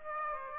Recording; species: mosquito wingbeat signal from an infrared sensor; Aedes aegypti